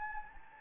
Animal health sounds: mosquito wingbeat signal from an infrared sensor; Anopheles gambiae

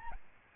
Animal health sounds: mosquito wingbeat signal from an infrared sensor; Aedes albopictus

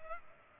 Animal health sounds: mosquito wingbeat signal from an infrared sensor; Culex pipiens

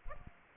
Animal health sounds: mosquito wingbeat signal from an infrared sensor; Aedes aegypti

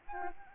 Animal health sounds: mosquito wingbeat signal from an infrared sensor; Aedes albopictus

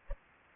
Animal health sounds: mosquito wingbeat signal from an infrared sensor; Anopheles arabiensis

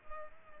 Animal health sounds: mosquito wingbeat signal from an infrared sensor; Culex pipiens

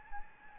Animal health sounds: mosquito wingbeat signal from an infrared sensor; Anopheles gambiae

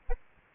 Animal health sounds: mosquito wingbeat signal from an infrared sensor; Aedes albopictus

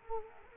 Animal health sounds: mosquito wingbeat signal from an infrared sensor; Culex quinquefasciatus

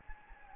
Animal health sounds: mosquito wingbeat signal from an infrared sensor; Anopheles gambiae

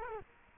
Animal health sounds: mosquito wingbeat signal from an infrared sensor; Culex quinquefasciatus

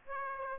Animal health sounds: mosquito wingbeat signal from an infrared sensor; Aedes aegypti

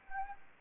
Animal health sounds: mosquito wingbeat signal from an infrared sensor; Anopheles gambiae

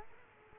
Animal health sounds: mosquito wingbeat signal from an infrared sensor; Culex quinquefasciatus

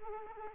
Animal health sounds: mosquito wingbeat signal from an infrared sensor; Aedes aegypti

